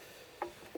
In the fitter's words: ben ça se branche, ça s'enclenche. C'est bizarre, hein,